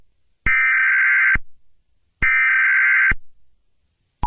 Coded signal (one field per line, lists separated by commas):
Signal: Emergency Alert System (SAME) tones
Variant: header bursts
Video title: UNKNOWN WEATHER EVENT EAS